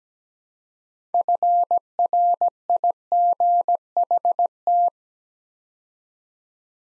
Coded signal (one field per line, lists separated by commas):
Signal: Morse code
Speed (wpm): 17 wpm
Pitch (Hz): 700 Hz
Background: none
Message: FRIGHT